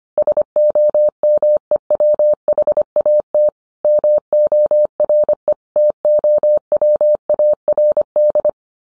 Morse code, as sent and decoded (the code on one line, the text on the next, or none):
... --- -- . .-- .... .- - / -- --- .-. . / - --- .-- .- .-. -..
SOMEWHAT MORE TOWARD